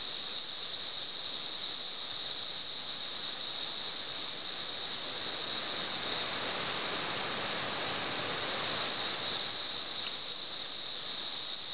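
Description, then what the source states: Cicada buzz, an unbroken high-pitched hiss that dips a little in loudness partway through, then returns to full strength. Recorded at San Ramon.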